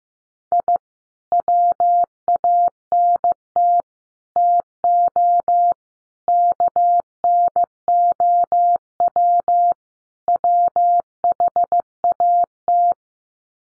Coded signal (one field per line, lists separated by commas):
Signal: Morse code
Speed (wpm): 15 wpm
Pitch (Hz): 700 Hz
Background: none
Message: I WANT TO KNOW WHAT